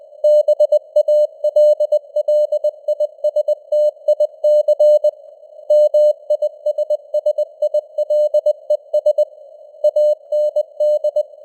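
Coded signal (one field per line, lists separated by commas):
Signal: Morse code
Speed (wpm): 20 wpm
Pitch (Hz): 600 Hz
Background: none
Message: BALLISTIC MISSILES AND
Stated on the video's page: News headlines sent at 20 wpm with simulated radio noise and varying signal strength (QSB).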